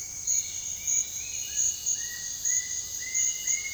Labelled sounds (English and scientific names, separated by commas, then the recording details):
Bright-rumped Attila (Attila spadiceus), Citron-bellied Attila (Attila citriniventris)
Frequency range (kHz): Bright-rumped Attila (Attila spadiceus) 1.6-3.4 kHz; Citron-bellied Attila (Attila citriniventris) 1.1-3.1 kHz
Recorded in secondary vegetation near Puerto Asís, Putumayo, Colombia, on 20 February 2024 at 07:00
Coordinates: 0.481, -76.323
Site G6376